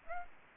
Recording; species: mosquito wingbeat signal from an infrared sensor; Aedes aegypti